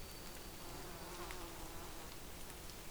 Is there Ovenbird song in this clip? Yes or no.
no